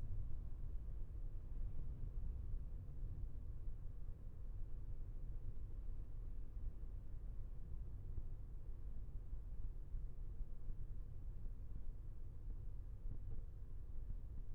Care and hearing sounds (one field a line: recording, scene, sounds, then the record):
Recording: everyday scene through a hearing-aid microphone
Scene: in a vehicle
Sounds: engine, traffic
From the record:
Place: Skoda Fabia, gasoline engine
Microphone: behind the ear, left, rear